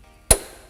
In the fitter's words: When you hear the click, that's when you stop.